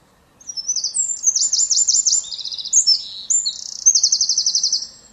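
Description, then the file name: Eurasian wren delivering one fast, loud song of ringing trills and rattling notes, ending in a long even trill, very high-pitched throughout. "Troglodytes troglodytes"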